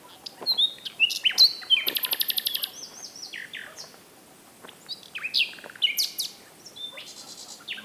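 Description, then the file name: Common nightingale pouring out a dense, varied song of whistles, buzzy rattles and quick repeated notes. "Luscinia megarhynchos"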